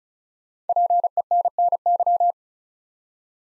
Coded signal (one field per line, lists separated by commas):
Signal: Morse code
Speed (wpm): 36 wpm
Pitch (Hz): 700 Hz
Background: none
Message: PENNY